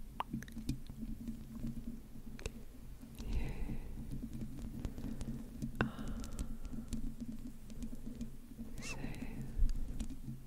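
Slow mic scratching forms a steady low rumble, with scattered clicks and soft whispered bursts around three, six and nine seconds.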